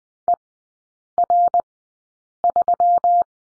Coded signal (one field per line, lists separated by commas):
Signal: Morse code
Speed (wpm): 20 wpm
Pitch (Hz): 700 Hz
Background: none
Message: ER3